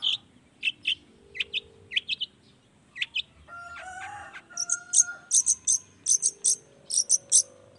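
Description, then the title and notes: Long-tailed shrike with scratchy chirps and short high-pitched whistled phrases; a drawn-out tonal note sounds briefly in the middle. Singing actively in the morning with 'toet toet' voice variations; meant to stimulate reluctant shrikes into joining the song quickly. "Cendet Gacor Dor Di Kala Pagi Toet Toet Variasi Suara J. Cendet Gacor Di Pagi Hari Rangsangan Emosi Cendet Malas Bunyi Supaya Secepatnya Ikutan Bunyi. Burung cendet"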